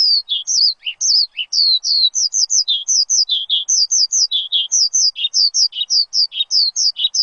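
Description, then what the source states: Bird song: a steady run of high, squeaky slurred chirps, often doubled, broken now and then by lower dipping notes. Chirping recording meant for training pet birds.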